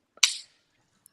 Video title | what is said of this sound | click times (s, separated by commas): ep368 - What do we talk about when we talk about watches?? | so you hear that click and now you make sure that the spring is in the teeth so | 0.2 s